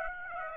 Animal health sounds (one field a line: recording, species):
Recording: mosquito wingbeat signal from an infrared sensor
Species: Aedes aegypti